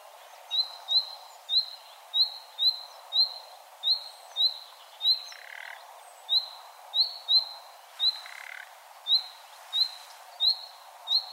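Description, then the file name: Common nightingale uttering a long run of quick rising whistles, with two brief grating notes mixed in over light background noise. "Luscinia megarhynchos"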